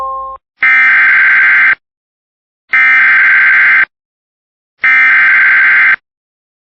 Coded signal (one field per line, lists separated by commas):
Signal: Emergency Alert System (SAME) tones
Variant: header bursts